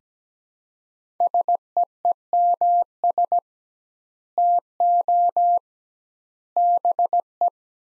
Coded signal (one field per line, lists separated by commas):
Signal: Morse code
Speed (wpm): 17 wpm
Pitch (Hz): 700 Hz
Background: none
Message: SEEMS TO BE